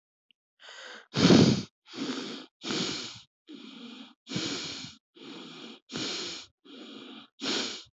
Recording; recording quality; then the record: shallow breathing; excellent, no background noise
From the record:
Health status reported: respiratory illness, not identified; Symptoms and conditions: asthma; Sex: male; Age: 24 years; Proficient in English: yes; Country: India